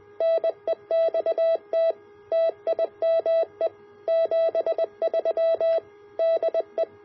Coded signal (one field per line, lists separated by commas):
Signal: Morse code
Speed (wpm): 20 wpm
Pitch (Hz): 660 Hz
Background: none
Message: NEXT TIME 73 DE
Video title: A Homebrew Active CW Filter